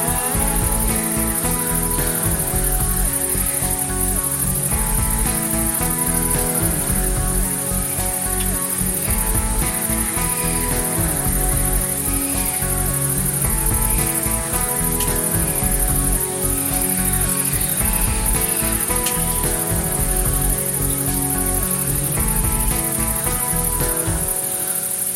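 Crickets and frogs form a dense, unbroken chorus for the whole stretch. A high, shimmering cricket trill holds steady on top, while many lower, pulsing calls overlap beneath it in quick, uneven rhythms. The loudness stays level throughout, with no pauses.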